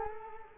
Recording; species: mosquito wingbeat signal from an infrared sensor; Culex quinquefasciatus